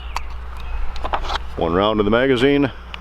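A magazine loaded with one round is handled at the grip of a compact Taurus G3c pistol while someone talks, with a few short, light handling taps around the speech. The clip ends before the magazine goes home, so nothing has seated or clicked yet.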